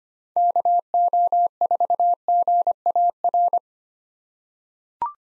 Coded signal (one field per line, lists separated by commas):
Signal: Morse code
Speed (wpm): 25 wpm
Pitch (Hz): 700 Hz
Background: none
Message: KO4GAR